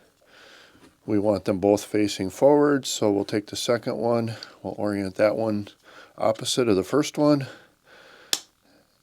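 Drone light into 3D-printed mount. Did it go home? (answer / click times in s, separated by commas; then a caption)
yes / 8.3 s. Someone talks while the second light from a tactical light kit for a DJI Avata drone is turned to face opposite the first and pushed into its 3D-printed plastic mount. A sharp click at 8.3 s shows the light seating into the mount.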